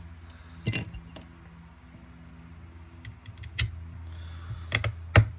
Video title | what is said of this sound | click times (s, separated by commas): Valentine’s Day Lego Set of Box of Chocolates ❤️🍫 | Ah, Jesse, you heard the click. | 5.2 s